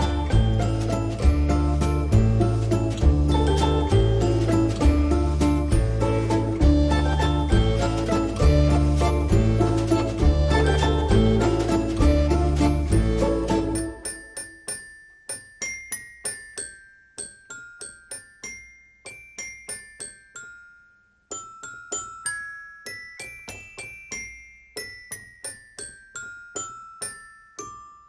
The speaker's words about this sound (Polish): Nie wiem, czy to jest tradycyjny japoński instrument muzyczny. Mnie to brzmi jak dzwonki